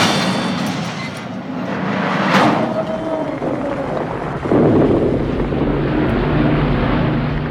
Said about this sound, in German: Kurz darauf hörten wir schweres Flakfeuer und die Einschläge von Bomben. Tiefflieger dröhnten.